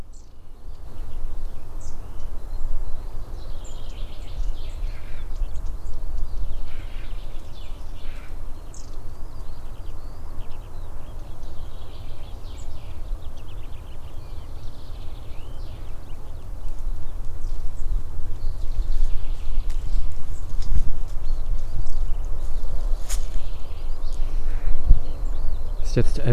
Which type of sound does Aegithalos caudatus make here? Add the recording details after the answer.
call. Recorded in the wild. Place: Mühlenbeck, am Tegeler Fließ, Brandenburg, DE. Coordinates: 52.6461, 13.3939. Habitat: grassland. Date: 1993-03-21 11:12. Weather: fair, ca. 12°C, weak winds. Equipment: Aiwa HD-S1, Sennheiser ME 80, K 30 AV. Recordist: Frommolt, Karl-Heinz